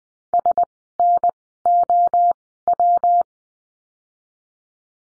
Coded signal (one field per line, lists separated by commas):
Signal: Morse code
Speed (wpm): 20 wpm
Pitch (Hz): 700 Hz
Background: none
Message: S N O W